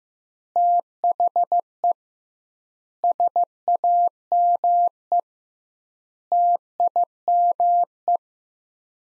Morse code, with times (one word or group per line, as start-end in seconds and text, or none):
0.6-1.9 THE
3.0-5.2 SAME
6.3-8.2 TIME